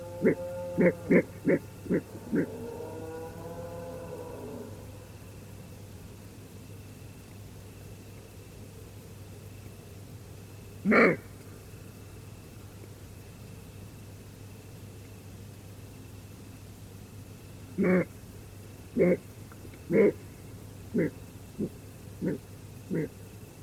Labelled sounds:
roe deer
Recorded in France

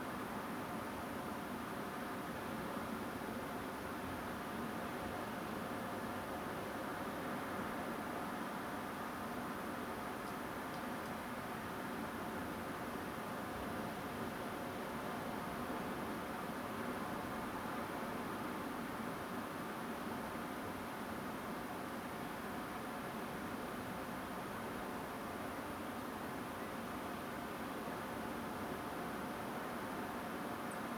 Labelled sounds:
Song Thrush
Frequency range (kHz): Song Thrush 7.8-10.6 kHz
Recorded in France

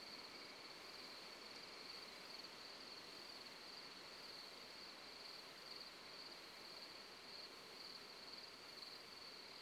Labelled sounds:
none
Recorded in France

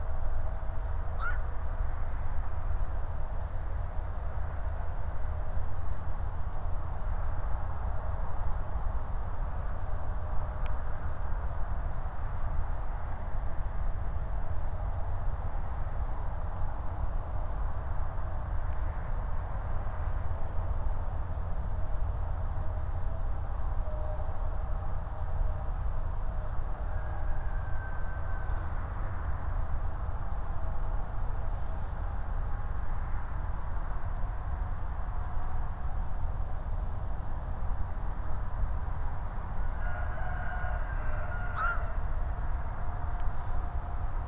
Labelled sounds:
Black-crowned Night-Heron
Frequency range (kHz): Black-crowned Night-Heron 1.1-6.9 kHz
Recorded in France

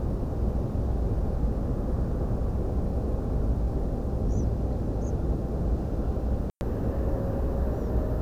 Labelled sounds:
European Pied Flycatcher
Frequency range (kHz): European Pied Flycatcher 4.6-7.7 kHz
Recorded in France

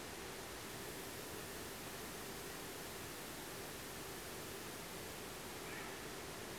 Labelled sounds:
Grey Heron
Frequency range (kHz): Grey Heron 0.8-2.7 kHz
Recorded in France

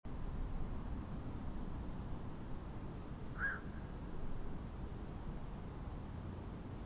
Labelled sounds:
Black-crowned Night-Heron
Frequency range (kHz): Black-crowned Night-Heron 1.0-2.6 kHz
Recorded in France

